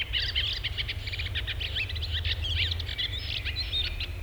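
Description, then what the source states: Redwing twittering: a continuous, busy chatter of scratchy, squeaky high notes with no pauses, over a constant low background hum. Song varies in regional dialects; typically 'try-try-try' ending in a twitter audible only close to the bird; recorded in Finland.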